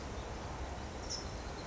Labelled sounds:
California Towhee

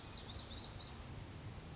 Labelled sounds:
Lazuli Bunting

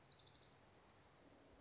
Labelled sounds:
Orange-crowned Warbler

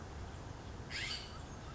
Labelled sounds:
California Scrub-Jay

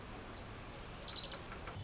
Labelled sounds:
Orange-crowned Warbler

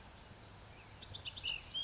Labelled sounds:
Ash-throated Flycatcher

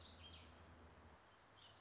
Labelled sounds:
Warbling Vireo

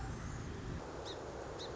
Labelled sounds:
Song Sparrow

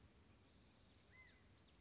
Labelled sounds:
California Quail

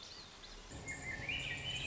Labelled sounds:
Swainson's Thrush

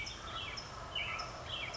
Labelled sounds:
California Towhee

